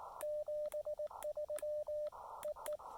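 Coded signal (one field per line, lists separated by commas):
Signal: Morse code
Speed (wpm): 19 wpm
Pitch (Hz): 590 Hz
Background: radio noise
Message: 73 E E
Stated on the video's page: QRP CW activation for SOTA, POTA and WWFF at a state park, 5 watts into a CHA MPAS 2.0 antenna.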